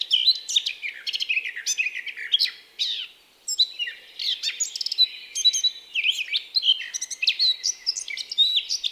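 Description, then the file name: Eurasian blackcap singing a rapid, scratchy warble of high twittering notes with brief pauses, run almost continuously throughout. "Sylvia atricapilla"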